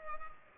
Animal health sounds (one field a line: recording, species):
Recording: mosquito wingbeat signal from an infrared sensor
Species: Culex pipiens